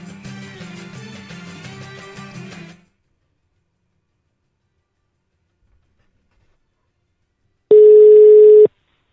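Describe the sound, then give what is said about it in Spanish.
A brief burst of music stops abruptly, followed by several seconds of silence, then one loud, steady ringback tone from an outgoing phone call sounds for about a second. “Vamos a ver si nos coge el teléfono”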